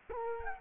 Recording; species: mosquito wingbeat signal from an infrared sensor; Culex quinquefasciatus